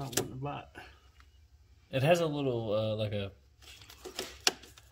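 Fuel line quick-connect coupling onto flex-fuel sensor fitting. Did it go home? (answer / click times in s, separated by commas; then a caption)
yes / 4.5 s. A fuel line quick-connect coupling is pushed onto the fitting of a flex-fuel sensor being installed on a 2018 ZL1 Camaro, going past its internal retaining catch while someone talks. After some soft handling noises, a loud, sharp snap is heard at 4.5 s. The fitting is seated and locked so it cannot be pulled back out.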